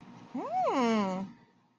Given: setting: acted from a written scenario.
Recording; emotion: vocal sound without words; interest